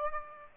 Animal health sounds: mosquito wingbeat signal from an infrared sensor; Aedes aegypti

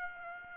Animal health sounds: mosquito wingbeat signal from an infrared sensor; Aedes aegypti

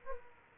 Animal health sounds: mosquito wingbeat signal from an infrared sensor; Aedes aegypti

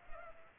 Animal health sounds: mosquito wingbeat signal from an infrared sensor; Culex pipiens

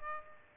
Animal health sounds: mosquito wingbeat signal from an infrared sensor; Aedes aegypti

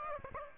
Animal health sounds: mosquito wingbeat signal from an infrared sensor; Aedes aegypti

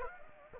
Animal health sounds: mosquito wingbeat signal from an infrared sensor; Anopheles arabiensis

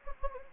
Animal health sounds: mosquito wingbeat signal from an infrared sensor; Anopheles gambiae

